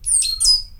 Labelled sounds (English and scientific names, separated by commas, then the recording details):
Stitchbird (Notiomystis cincta) song
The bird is a male
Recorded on Tiritiri Matangi Island, New Zealand, in 2005
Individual 22, of nest box 31